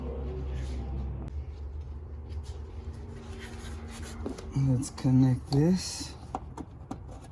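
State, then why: Seated. A wiring harness connector is pushed into the cooling fan resistor of a 2010 Challenger while someone talks over a low steady hum. The connector snaps into place with a sharp click at 6.4 s, seating it, and a couple of smaller knocks follow.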